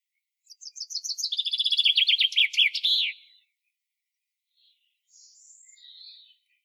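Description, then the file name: Common chaffinch song: an accelerating run of sweet, bright notes that drops into a descending trill and ends in a brisk flourish. A faint, softer call follows later. "Fringilla coelebs"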